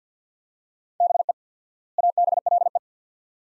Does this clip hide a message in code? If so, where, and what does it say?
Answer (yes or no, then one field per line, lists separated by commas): yes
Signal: Morse code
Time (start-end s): 1.0-2.8 s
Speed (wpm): 50 wpm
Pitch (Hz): 700 Hz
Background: none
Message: BE ABLE